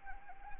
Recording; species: mosquito wingbeat signal from an infrared sensor; Anopheles arabiensis